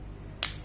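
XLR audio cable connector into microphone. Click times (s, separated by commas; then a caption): 0.4 s. An XLR audio cable connector is pushed into a BM800 microphone until it clicks and locks in place. A single sharp, bright click sounds at 0.4 s over a low background hum, and the connector is seated and locked.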